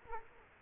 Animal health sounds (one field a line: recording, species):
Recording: mosquito wingbeat signal from an infrared sensor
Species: Culex quinquefasciatus